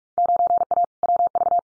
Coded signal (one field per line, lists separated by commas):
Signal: Morse code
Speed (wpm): 44 wpm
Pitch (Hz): 700 Hz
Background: none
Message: 9A WV